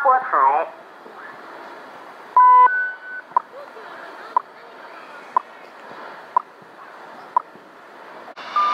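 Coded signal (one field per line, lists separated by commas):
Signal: radio time signal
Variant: WWVH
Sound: a brief steady tone, then six sharp ticks one second apart through hiss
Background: shortwave radio static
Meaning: Each tick marks one second of time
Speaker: radio station wwvh post office box 417 [Applause] Hawaii p [Applause] m National Institute of Standards and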